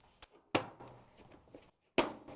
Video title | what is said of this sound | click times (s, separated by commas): Whirlpool Dryer Broken Belt Switch WPW10411937 Replacement — fits KitchenAid/Maytag | once you have the control panel snap on we can grab the wiring harness and plug | 0.6 s, 2.0 s